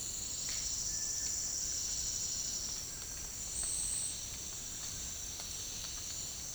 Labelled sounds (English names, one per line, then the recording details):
none
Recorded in dense forest near Puerto Asís, Putumayo, Colombia, on 19 March 2025 at 08:30
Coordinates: 0.485, -76.318
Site G056